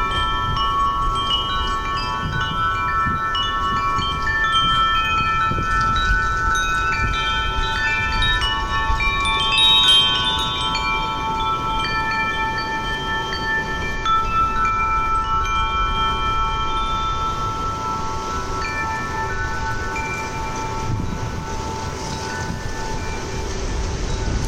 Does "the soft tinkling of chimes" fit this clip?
yes